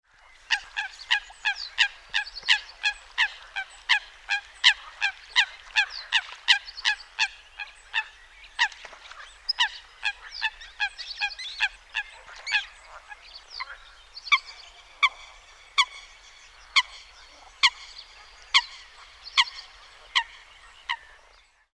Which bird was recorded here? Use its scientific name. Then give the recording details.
Fulica atra. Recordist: Tembrock, Günter. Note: Rufe